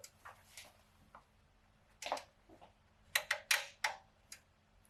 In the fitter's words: Cool. You guys heard that click?